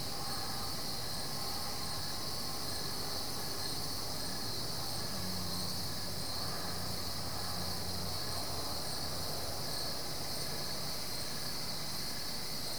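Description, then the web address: Crickets chirp in a thick nighttime-style chorus, high and constant with quick repeated pulses, while a low droning hum rises midway. Crickets at night, Goldens Bridge, New York State, USA; BBC Sound Effects Library, America CD. "The BBC Sound Effects Library - Complete 60 CDs Collection Sound Effects Library- (America) Goldens Bridge, NY State - crickets at night"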